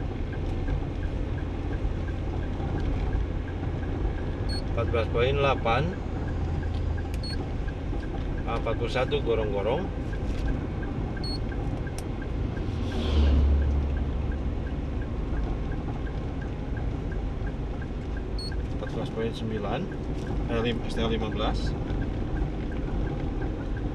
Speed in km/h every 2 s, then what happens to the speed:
55, 55, 54, 53, 52, 51, 51, 51, 50, 50, 50, 50.
0-24 steady at about 51.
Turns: none.